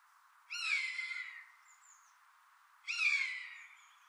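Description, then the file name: Eurasian jay giving two harsh, rasping screeches about two and a half seconds apart, with faint thin high whistles between them. "Garrulus glandarius"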